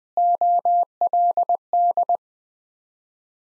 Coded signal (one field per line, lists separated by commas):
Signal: Morse code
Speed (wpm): 20 wpm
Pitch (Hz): 700 Hz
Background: none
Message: OLD